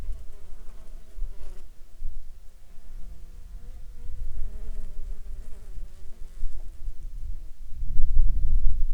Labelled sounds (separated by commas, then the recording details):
wind, insects
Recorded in Ivvavik National Park, Yukon, on 27 June 2019 at 13:34
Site SINP03